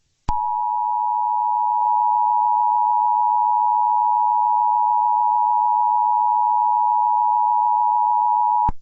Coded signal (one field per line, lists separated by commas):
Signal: Emergency Alert System (SAME) tones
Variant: 853 and 960 Hz attention tone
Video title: Psi: The Awakening of the forgotten Giant Princess ~ An EAS scenario EX